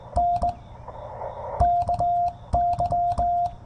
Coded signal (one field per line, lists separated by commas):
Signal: Morse code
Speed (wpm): 18 wpm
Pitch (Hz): 700 Hz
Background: none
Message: N KY